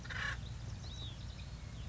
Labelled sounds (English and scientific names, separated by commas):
Acorn Woodpecker (Melanerpes formicivorus)